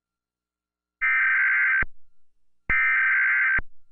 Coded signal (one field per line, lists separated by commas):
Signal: Emergency Alert System (SAME) tones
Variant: header bursts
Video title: November 9th 2011 CNBC Stock Market Power Lunch National EAS Test